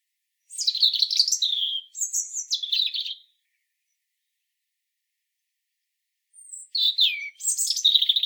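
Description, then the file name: European robin song: a long, rich phrase of high, slurred and trilled notes, a three-second silence, then another tumbling phrase. "Erithacus rubecula"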